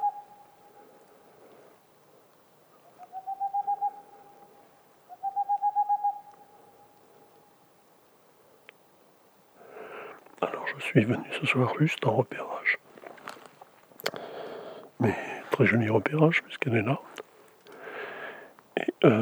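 A boreal owl calls in the first half: two short runs of rapid, evenly pulsed hoots at about three and five seconds, mid-pitched and clear over a faint steady tone. From ten seconds on, loud talking and handling noise take over and bury the bird.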